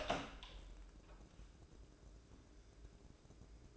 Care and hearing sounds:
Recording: daily activity, microphone in the room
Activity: open door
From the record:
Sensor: 2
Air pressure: 1012.2 hPa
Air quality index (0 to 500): 161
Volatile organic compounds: 2 ppm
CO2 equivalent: 1178 ppm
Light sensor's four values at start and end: 455/1138/464/490 and 452/1130/461/487

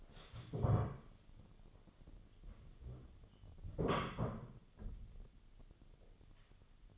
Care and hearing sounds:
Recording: daily activity, microphone in the room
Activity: stand up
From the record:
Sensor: 4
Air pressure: 1016.1 hPa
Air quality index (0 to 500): 169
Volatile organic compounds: 6 ppm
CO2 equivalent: 1923 ppm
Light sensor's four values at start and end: 9/20/8/7 and 9/20/8/7

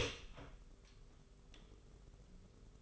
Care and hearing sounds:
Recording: daily activity, microphone in the room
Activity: open door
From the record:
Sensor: 4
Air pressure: 991.3 hPa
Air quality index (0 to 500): 134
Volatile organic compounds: 47 ppm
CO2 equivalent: 3260 ppm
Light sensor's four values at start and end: 9/22/8/9 and 14/35/14/15

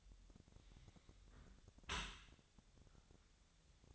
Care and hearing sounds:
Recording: daily activity, microphone in the room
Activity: close dishwasher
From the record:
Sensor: 3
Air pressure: 1006.8 hPa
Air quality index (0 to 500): 206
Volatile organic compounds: 18 ppm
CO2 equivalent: 2631 ppm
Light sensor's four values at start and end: 10/25/10/10 and 10/25/10/10

